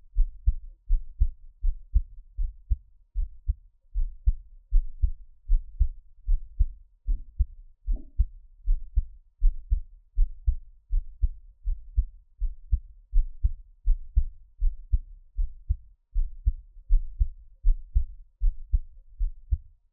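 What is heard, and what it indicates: Soft, low, muffled double thumps repeat steadily at about 80 beats a minute throughout, with a brief rustle near the middle. It is an adult's own heartbeat heard close up, with no talking, a regular rhythm at a normal resting rate.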